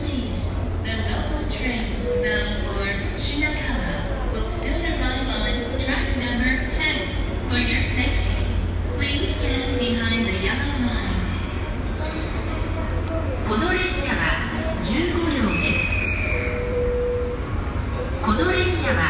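Inside Tokyo Station, a steady low rumble fills the space while a woman's voice speaks continuously, likely an announcement. Short tonal chimes sound around two, ten and seventeen seconds, and faint clicks and brief bright noises come and go in the background.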